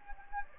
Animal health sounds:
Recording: mosquito wingbeat signal from an infrared sensor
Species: Anopheles gambiae

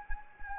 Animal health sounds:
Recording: mosquito wingbeat signal from an infrared sensor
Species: Anopheles gambiae

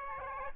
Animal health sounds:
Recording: mosquito wingbeat signal from an infrared sensor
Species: Aedes aegypti

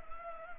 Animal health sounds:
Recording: mosquito wingbeat signal from an infrared sensor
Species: Anopheles gambiae

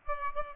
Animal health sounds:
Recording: mosquito wingbeat signal from an infrared sensor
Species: Aedes aegypti

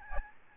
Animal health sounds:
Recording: mosquito wingbeat signal from an infrared sensor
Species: Aedes albopictus

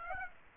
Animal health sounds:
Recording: mosquito wingbeat signal from an infrared sensor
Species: Aedes aegypti

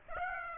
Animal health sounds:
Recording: mosquito wingbeat signal from an infrared sensor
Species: Aedes aegypti

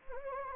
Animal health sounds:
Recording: mosquito wingbeat signal from an infrared sensor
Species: Anopheles gambiae

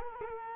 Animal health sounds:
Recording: mosquito wingbeat signal from an infrared sensor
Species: Culex quinquefasciatus

